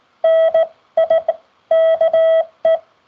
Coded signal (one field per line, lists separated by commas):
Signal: Morse code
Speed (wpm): 16 wpm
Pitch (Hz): 650 Hz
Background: none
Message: NIKE